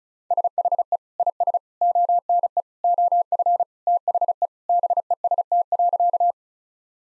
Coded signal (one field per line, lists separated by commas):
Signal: Morse code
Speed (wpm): 36 wpm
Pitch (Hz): 700 Hz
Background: none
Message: SHE IS ONE OF THE BEST.